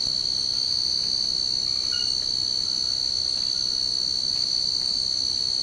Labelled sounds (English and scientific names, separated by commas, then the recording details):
none
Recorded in secondary vegetation near Puerto Asís, Putumayo, Colombia, on 24 March 2025 at 03:30
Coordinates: 0.488, -76.319
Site G095